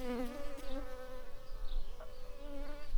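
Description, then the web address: Shrill carder bee worker buzzing, a faint, wavering, harmonic-rich drone against a noisy background. Workers of the shrill carder bee, Bombus sylvarum. "bumblebees Sylvarum-workers"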